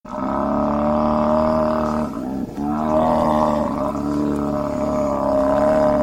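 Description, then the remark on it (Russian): Deep, loud bellowing roars from extinct giant buffalo bulls, with horns spanning up to 3 metres and weighing up to 2 tonnes, bellowing on seeing butchered bones at the Dhaba site: two long, sustained, harmonic-rich bellows separated by a brief break, with no talking. “Это вымерший гигантский буйвол. Размах рогов до 3 метров, вес до 2 тонн. Разделанные кости найдены на стоянке Дхаба. Увидев их, быки заревели.”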